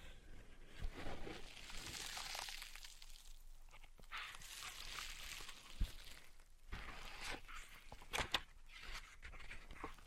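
Tapping, scratching and tracing sounds run throughout, with a steady bright rasp of scratching and rubbing over the first few seconds. Sharp taps land near 6, 6.7 and 8.3 seconds, among quieter, irregular scrapes and brushing strokes that continue to the end.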